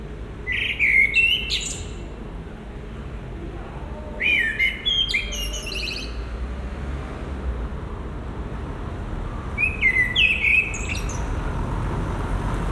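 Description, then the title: Common blackbird song in three separate strophes several seconds apart, each a rich fluted warble closing with shrill high twitters, over a continuous low background rumble. Recorded in the Marolles district of Brussels, Belgium, by a residence building; Sony PCM-M10 recorder with binaural microphones, meant for headphone listening. "Marolles, 1000 Bruxelles, Belgique - Résidence Sainte-Gertrude - Merle - Blackbird"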